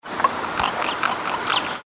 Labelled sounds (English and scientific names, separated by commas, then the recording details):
Green Toad (Bufo viridis)
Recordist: Frommolt, Karl-Heinz
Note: Befreiungsrufe